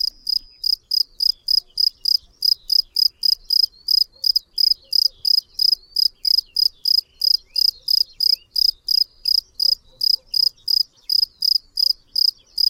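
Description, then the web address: Field cricket chirping: high, shrill pulsed chirps repeated steadily about three times a second throughout, with no other sounds. "Tajemnice puszczy Swierscz polny"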